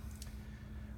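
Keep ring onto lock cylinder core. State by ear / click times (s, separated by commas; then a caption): seated / 0.2 s. A spring-loaded keep ring is pushed onto the back of the cylinder core of a Weslock 200 series knob keylock during re-keying. Over a steady low hum, a short, sharp click at 0.2 seconds marks the ring popping into place once pushed past halfway. The keep ring is seated on the cylinder core.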